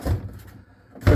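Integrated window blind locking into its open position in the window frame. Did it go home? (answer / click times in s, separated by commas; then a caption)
yes / 1.1 s. An integrated window blind in the window frame of a 2022 Chausson Titanium 720 Premium is twisted up to open, with a louder rustling burst near the start and softer movement through the middle. A short, sharp knock at 1.1 s marks the blind locking in place in its open position.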